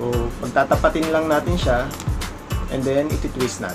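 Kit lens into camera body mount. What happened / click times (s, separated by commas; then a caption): Handled, not yet home: the lens is lined up and about to be twisted, with no locking click yet / none. A kit lens is lined up white dot to white dot with the mount on a Canon M50 mirrorless camera body and twisted so it will click and lock in place, while someone talks over background music. Nothing has seated or clicked yet; the lens is not yet locked.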